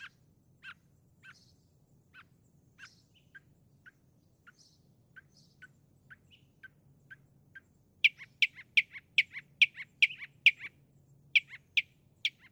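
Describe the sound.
Northern mockingbird song of soft, spaced single notes that gives way to loud, rapid, high chattering phrases in the final third.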